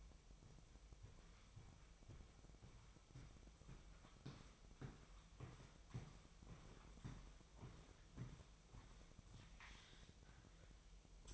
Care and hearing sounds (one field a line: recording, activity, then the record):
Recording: daily activity, microphone in the room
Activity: walk to room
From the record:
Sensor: 1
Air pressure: 999.4 hPa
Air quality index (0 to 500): 198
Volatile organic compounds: 40 ppm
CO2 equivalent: 3140 ppm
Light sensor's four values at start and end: 9/23/9/10 and 9/22/8/9